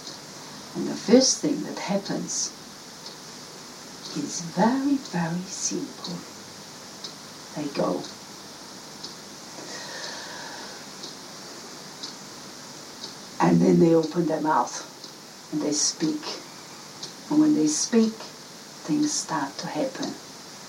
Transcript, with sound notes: And the first thing that happens, is very very simple, they go (take a big breath) and then they open their mouth and they speak. And when they speak things start to happen.